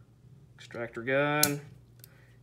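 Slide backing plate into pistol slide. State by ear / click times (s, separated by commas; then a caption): seated / 2.0 s. While the extractor and striker are pressed on a Sig P320 X5 Legion pistol slide during a Leupold DeltaPoint Pro install, the rear backing cover plate is slid back into the slide as someone talks. A sharp metallic click at 2.0 s marks the plate snapping into place, seated.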